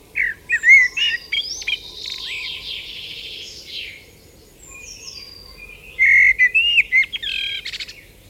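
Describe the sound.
Common blackbird song: fluting whistled phrases, each ending in a higher, scratchy twitter, in two bursts with a quieter high warble between, over steady low background hiss.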